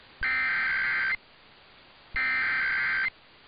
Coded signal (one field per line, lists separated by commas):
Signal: Emergency Alert System (SAME) tones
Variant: header bursts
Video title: Utah Required Monthly Tests (EAS #1240-#1241)